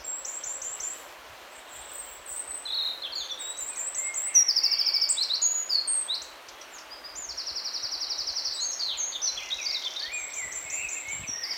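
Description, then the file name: Eurasian wren song: loud, fast strings of high notes and rattling trills, repeated in bursts with short gaps, against light background hiss. "Troglodytes troglodytes"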